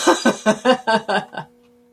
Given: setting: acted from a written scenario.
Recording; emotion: vocal sound without words; triumph